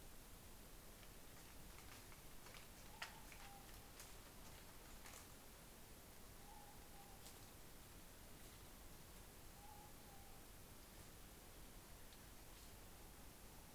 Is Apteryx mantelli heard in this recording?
no